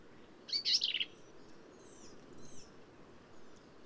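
Black-capped vireo song: one brief, scratchy, high phrase at the start, followed by faint, thin high notes from birds against low steady noise.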